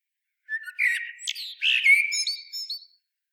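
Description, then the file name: Common blackbird gives a flowing, mellow warbled phrase with a brief rising squeak in the middle, trailing into thin, high twittered notes; quiet background. "Turdus merula"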